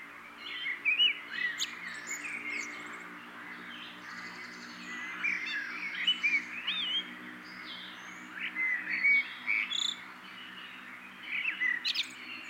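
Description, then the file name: Eurasian blackbird song: flute-like phrases with squeaky high endings, repeated several times with pauses, plus a low background hum. "Turdus merula"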